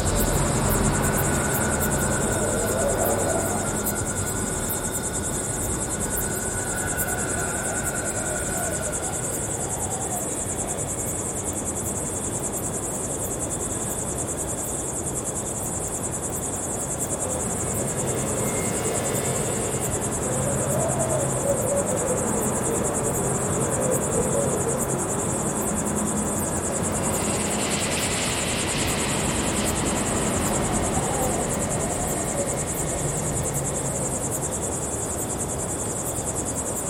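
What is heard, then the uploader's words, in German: A recording from the Atlas Mountains at the edge of the Western Sahara, filled with a steady, high insect shrill that never lets up. Beneath it runs a low, rumbling drone like a far engine, with a brief hissing swell around 27 to 30 seconds. Aufnahme vom Atlasgebirge am Rande der Westsahara.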